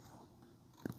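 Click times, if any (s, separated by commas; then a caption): 0.9 s. A SO-DIMM RAM stick is angled into an MSI laptop's memory slot and pressed down lightly until the side retaining clips lock. A sharp, short click is heard at 0.9 s, followed by a couple of softer taps, and the module is seated.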